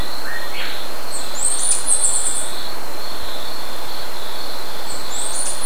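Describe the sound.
Bird call: one thin, high, chattering phrase, with the start of another at the end, through constant hiss and a steady high buzz.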